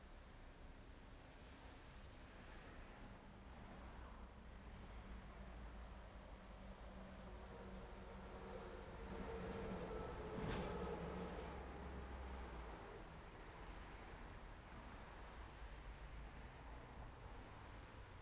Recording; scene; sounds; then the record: everyday scene through a hearing-aid microphone; in traffic; traffic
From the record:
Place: main road on the outskirts, rush hour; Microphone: behind the ear, left, front